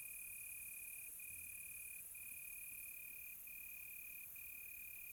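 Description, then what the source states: Cricket trill, high and sustained, broken by brief gaps about once a second, over a constant hiss of other high insect song. Quiet tropical night, close.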